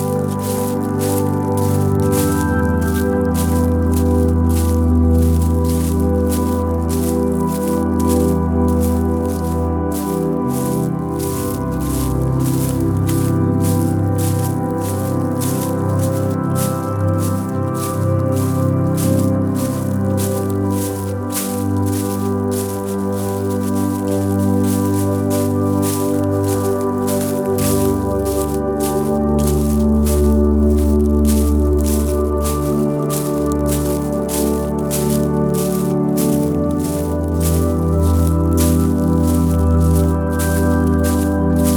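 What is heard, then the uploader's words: Footsteps crunch quickly and steadily through dry leaves, a dense run of rustling crackles with no pauses across the whole walk. Beneath the brittle crackle sits a constant low rumbling hum that shifts slightly in pitch, while the overall level stays even throughout. Brisk Walk Through the Leaves.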